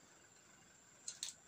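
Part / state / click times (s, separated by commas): panel layer (diffuser/frame) into the TV backlight assembly / seated / 1.1 s, 1.2 s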